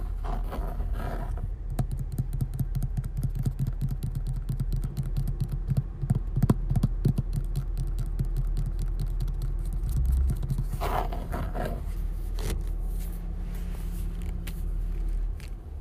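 Hands grip and rub a steering wheel in short scrapes and squeaks, dense through the first half and sparser toward the end. A steady low rumble runs underneath throughout, with a few brighter rubbing bursts near 11 and 13 seconds.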